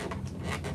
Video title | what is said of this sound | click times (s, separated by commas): Замена ремня на двигателе 1,8Т AEB, ATW | It'll click in place. | 0.1 s